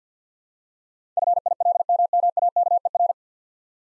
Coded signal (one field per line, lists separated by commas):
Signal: Morse code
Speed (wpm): 50 wpm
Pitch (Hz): 700 Hz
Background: none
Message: FILMMAKER